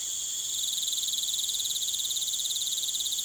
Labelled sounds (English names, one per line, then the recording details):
none
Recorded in pastures near Puerto Asís, Putumayo, Colombia, on 22 June 2025 at 19:00
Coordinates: 0.486, -76.323
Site H29